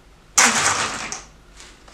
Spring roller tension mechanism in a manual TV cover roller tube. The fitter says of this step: You'll hear it pop.